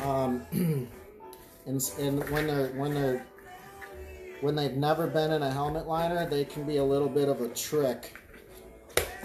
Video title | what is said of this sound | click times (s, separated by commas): Assembling 1980's M1 Helmet - Tips, Tricks & Lame Jokes | hear that snap | 9.0 s